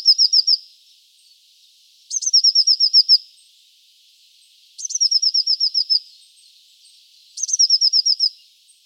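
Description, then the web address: Eurasian blue tit song: high phrases, each a brief thin note followed by a fast trill, repeated every two to three seconds. Song, recorded at Wiesloch. "Wiesloch. Blaumeise Gesang"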